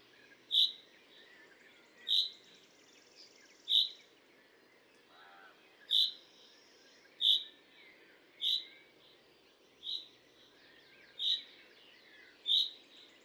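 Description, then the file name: Common chaffinch calling, clear high notes repeated many times, with a brief lower sound midway and constant low background noise. "Fringilla coelebs"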